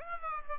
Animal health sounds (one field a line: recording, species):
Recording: mosquito wingbeat signal from an infrared sensor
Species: Aedes aegypti